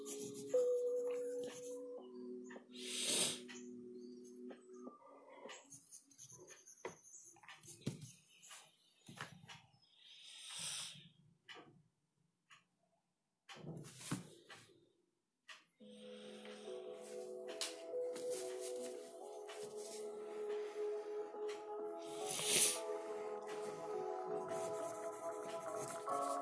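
Soft lofi music with sustained tones plays while pencil scratches and page flips come in short bursts, with quiet gaps around fourteen seconds.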